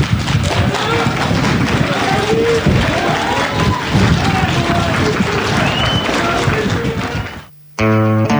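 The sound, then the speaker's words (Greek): Local residents gathered behind the courthouse in Amfissa clap steadily for the accused killer while many voices shout and talk over it. The noise cuts off abruptly near the end, followed by a brief steady tonal sound. “Υπήρχαν άνθρωποι, αρκετοί, που χειροκροτούσαν ενώ ήταν οι γονείς του νεκρού παιδιού.”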